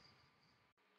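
A battery and the battery door of a Leica BLK360 3D laser scanner are handled as the battery sits in the compartment before the door closes. A steady broadband hiss fills the clip, broken by a brief near-silent dropout around 0.7–0.8 seconds. Nothing has seated or clicked yet.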